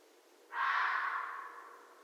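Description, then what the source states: Red fox calling once, a sudden rough, breathy rasp that starts sharply and then fades gradually over more than a second, with a quiet background. Recorded 13 January 2012.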